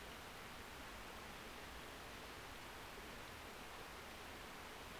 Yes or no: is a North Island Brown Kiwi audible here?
no